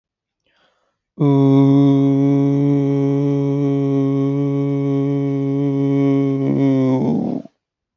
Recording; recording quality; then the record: sustained vowel as in boot; excellent, no background noise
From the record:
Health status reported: healthy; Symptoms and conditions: none ticked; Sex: male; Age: 28 years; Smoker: not ticked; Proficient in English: yes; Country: India